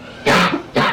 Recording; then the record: coughing mixed with background sound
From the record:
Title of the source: Barking cough - # 10